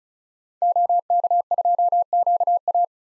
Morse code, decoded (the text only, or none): OK2QA